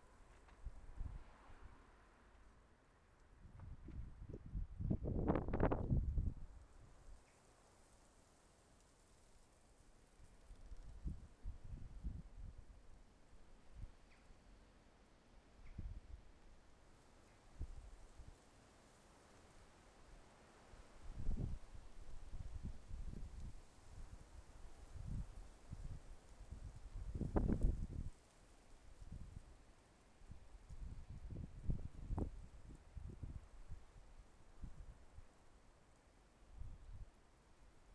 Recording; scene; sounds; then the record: everyday scene through a hearing-aid microphone; wind on the microphone; wind, traffic, birds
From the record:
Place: suburban garden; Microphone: behind the ear, left, front